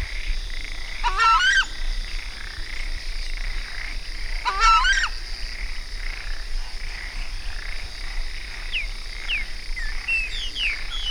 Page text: cantos chaja. Chajá Chauna torquata Southern Screamer